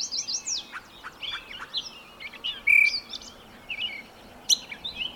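Birds twittering: scattered high chips and sliding notes, with one short buzzy burst midway.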